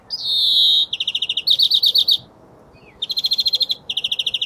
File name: Chloris chloris